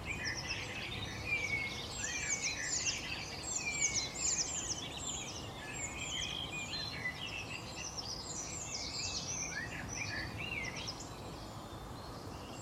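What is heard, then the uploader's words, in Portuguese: Many birds sing and chirp constantly, their bright overlapping calls filling the upper range over a steady low rumble that never lets up. Canto da Manhã: Som de Pássaros para Dormir.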